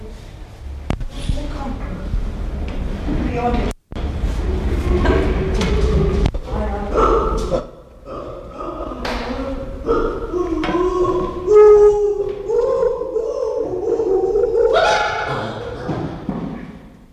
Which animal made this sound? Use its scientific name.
Pan troglodytes